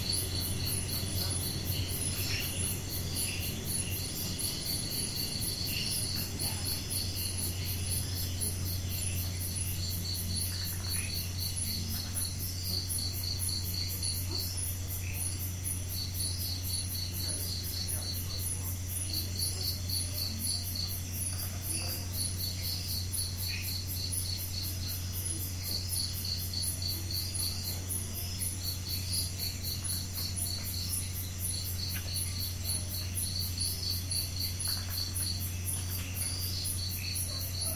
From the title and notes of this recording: Cotigao wildlife sanctuary. 10pm Netrevali, Goa, India, sounds of the night - insects chirping, air conditioning drone. Recorded by Mark Wilden.